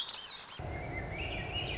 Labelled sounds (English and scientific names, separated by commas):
Swainson's Thrush (Catharus ustulatus)